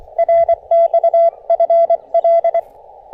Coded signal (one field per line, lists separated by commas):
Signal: Morse code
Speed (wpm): 22 wpm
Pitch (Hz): 670 Hz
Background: none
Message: RXFL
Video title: POTA Under the Oaks: A little wet weather can't dampen this South Mountains activation!